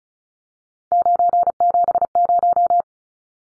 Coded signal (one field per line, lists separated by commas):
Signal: Morse code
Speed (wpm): 34 wpm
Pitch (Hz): 700 Hz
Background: none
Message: 970